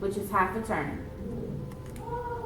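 Someone talks while the clear plastic rotating base on a soft-mist inhaler body is handled, with the half turn meant to prime a dose. Two faint brief sharp sounds occur near 1.7 and 2.0 seconds. The base has not clicked or seated yet by the end of the clip.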